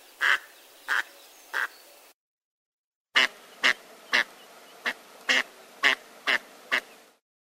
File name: Anas acuta